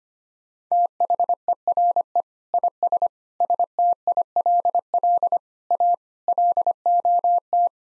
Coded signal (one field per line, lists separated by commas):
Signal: Morse code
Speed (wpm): 25 wpm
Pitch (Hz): 700 Hz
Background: none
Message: THERE IS STILL A LOT